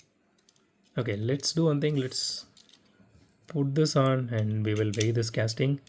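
Someone talks while pressing a snap-fit part back onto a 1:64 Majorette diecast Honda S2000 model car before weighing it, with a few faint light ticks around 2.6–2.7 seconds. The clip ends before the part goes home, so nothing has seated or snapped on yet.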